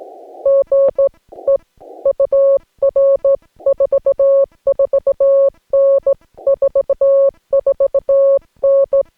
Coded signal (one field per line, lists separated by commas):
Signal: Morse code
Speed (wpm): 17 wpm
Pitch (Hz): 560 Hz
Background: none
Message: GE UR 44N 44N